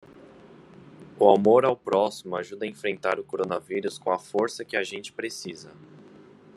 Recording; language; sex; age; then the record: spoken sentence; Brazilian Portuguese; male; 20 to 29 years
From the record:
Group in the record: control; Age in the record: 24 years